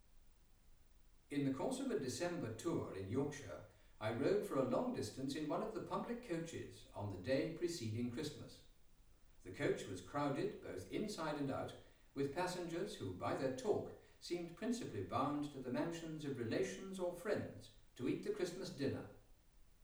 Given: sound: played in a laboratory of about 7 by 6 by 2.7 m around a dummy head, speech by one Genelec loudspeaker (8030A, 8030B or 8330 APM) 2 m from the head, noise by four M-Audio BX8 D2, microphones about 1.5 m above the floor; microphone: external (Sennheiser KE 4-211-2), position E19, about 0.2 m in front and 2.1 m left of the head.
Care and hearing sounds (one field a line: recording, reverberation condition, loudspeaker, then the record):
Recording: male speech in English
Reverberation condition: medium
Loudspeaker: 30 degrees to the right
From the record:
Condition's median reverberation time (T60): about 510 ms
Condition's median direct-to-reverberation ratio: about -0.5 dB